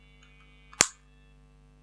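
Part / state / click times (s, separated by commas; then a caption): folding plastic part of a drone remote controller into its stowed slot / seated / 0.8 s. While packing a DJI Mini SE drone remote controller, a plastic part is turned narrower end up into its section and pushed home into its stowed slot. A faint contact at about 0.7 s is followed by a single sharp, bright click at 0.8 s against a quiet background. The part locks in place.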